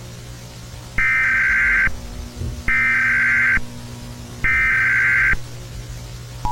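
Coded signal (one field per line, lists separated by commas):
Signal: Emergency Alert System (SAME) tones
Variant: header bursts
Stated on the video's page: Fictional analog horror EAS scenario, made with software.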